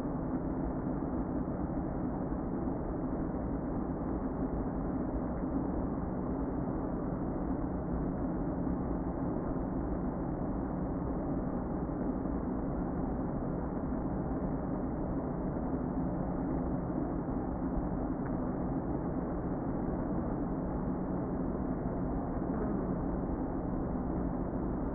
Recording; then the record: honeybee colony, microphone inside the hive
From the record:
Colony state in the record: queen present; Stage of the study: before two queens were removed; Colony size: about 60,000 bees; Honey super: yes